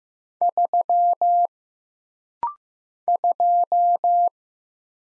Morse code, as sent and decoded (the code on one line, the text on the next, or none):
...-- / ..---
3 2